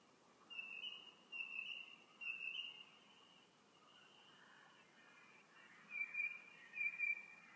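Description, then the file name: Bird call: three bright whistled notes about a second apart, a pause with soft background noise, then two more similar whistles. "Tweets"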